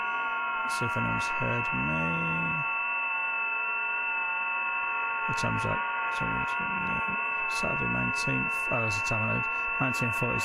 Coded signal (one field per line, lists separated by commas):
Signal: FT8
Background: speech